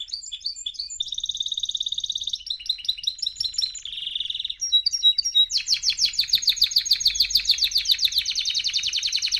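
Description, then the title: Canary song of varied phrases: quick chirping notes, a level whistled tone, then long rapid rolling trills repeated at a fast, steady pace. Male Belgian canary singing a lot; training recording meant to warm up young birds within 30 minutes. "Canary Training 17 Esquente Seu Filhote E Canario Belga Em 30 Minutos Macho Cantando Muito"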